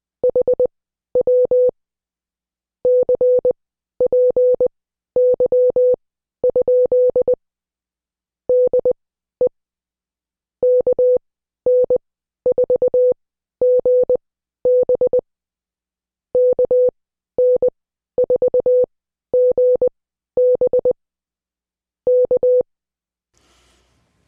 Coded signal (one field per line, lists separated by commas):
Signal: Morse code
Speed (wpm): 20 wpm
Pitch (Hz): 500 Hz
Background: none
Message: HW CPY? DE KN4GB KN4GB K